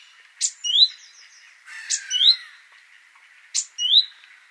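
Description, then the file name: Great tit calls: a sharp high note then a rising slurred whistle, repeated three times roughly every one and a half seconds. "Parus major"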